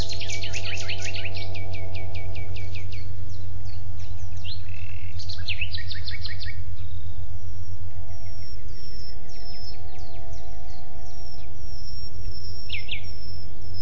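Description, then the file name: Common nightingale delivering dense runs of rapid repeated notes, buzzy trills and thin whistles, over a steady low mechanical hum. "Luscinia megarhynchos"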